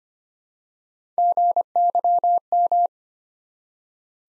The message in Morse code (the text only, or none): GYM